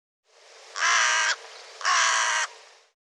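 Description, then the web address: Bird uttering two harsh, grating caws in quick succession, each about half a second long. "cianscape birddata Deverinetal 2025"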